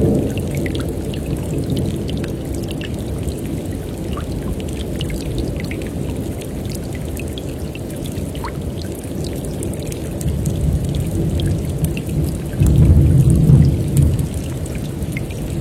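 Rain falls over a rainforest stream with a steady low rushing of flowing water throughout. Scattered drips and taps sparkle above it, and a faint bird call briefly cuts through near the middle. Around twelve to fourteen seconds the deep rumbling swells louder, then settles.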